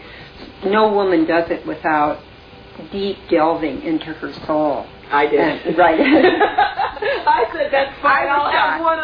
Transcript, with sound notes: No woman does it without deep delving into her soul...
[laughs] I did. I said, "That's fine.